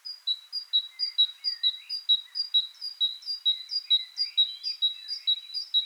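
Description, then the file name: Great tit singing a steady ringing two-note phrase, high then low, repeated evenly about twice a second throughout, with soft lower chirps beneath. "Parus major"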